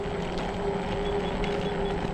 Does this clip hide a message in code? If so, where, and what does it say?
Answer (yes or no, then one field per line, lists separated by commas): no